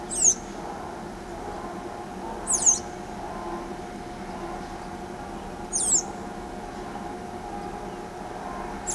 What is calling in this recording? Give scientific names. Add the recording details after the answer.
Tolmomyias flaviventris. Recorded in pastures near Pivijay, Magdalena, Colombia, on 16 April 2023 at 08:30. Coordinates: 10.456, -74.369. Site P6-G026